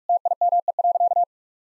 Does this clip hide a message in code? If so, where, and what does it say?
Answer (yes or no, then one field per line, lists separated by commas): yes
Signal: Morse code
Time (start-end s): 0.1-1.2 s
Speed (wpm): 46 wpm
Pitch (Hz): 700 Hz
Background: none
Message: TIME.